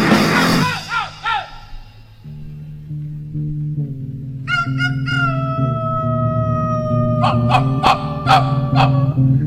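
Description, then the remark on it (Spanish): A voice mimics a dog, giving a few quick barks and then a drawn-out, wavering howl, followed by short yelping bursts over a steady, droning musical backing. “Ya no puedo hablar, solo gruñir, ladrar, gruñir, ladrar.”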